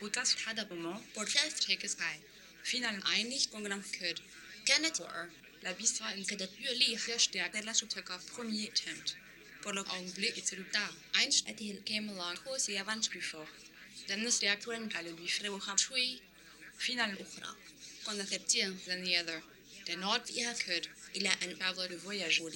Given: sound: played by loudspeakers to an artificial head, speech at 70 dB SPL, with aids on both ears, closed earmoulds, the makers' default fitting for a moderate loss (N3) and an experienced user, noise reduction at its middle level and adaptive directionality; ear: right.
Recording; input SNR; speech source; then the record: speech test signal (ISTS) in cocktail-party noise; +9 dB; on the right (90 degrees)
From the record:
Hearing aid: class 1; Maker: J